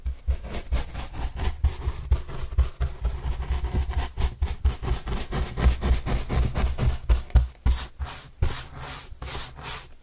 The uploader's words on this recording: ASMR Cardboard Brushing (No Talking).